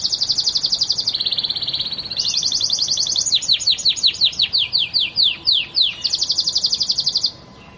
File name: kenarigloster omkicau